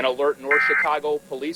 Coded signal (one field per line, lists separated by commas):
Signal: Emergency Alert System (SAME) tones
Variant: end-of-message bursts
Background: speech